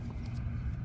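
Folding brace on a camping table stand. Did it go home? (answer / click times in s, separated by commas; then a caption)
no / none. A folding brace on a portable camping table stand is flipped up one-handed toward its locked position. Only a steady low rumble is heard throughout, with no sharp sounds. Nothing has seated or clicked yet.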